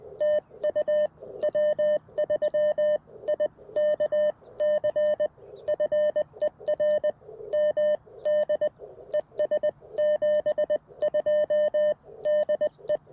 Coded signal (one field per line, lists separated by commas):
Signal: Morse code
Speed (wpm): 20 wpm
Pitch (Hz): 600 Hz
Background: none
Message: TU W3IKC FER MD ES 72 DE